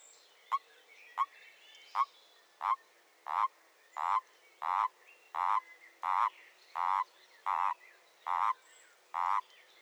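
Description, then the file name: Common toad croaking: a series of short, nasal notes about every two-thirds of a second, growing longer. "Oliver Swift Erdkröte"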